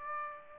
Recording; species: mosquito wingbeat signal from an infrared sensor; Aedes aegypti